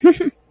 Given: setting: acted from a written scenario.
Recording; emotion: vocal sound without words; amusement